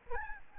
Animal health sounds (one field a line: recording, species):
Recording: mosquito wingbeat signal from an infrared sensor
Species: Aedes albopictus